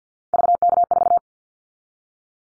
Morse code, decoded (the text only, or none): VK4